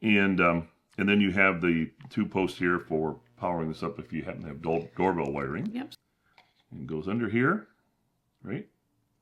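A plastic cover or piece is handled against the body of a eufy Video Doorbell C31/C30, near the two posts for powering it with doorbell wiring. Someone talks throughout, and short handling sounds follow. Nothing has seated or clicked into place yet.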